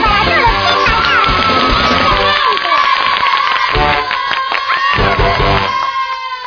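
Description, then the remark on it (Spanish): A group of children cheer and shout together, with a burst of steady clapping rising through the noise and carrying on to the end. “Muy bien, chicos, un aplauso.”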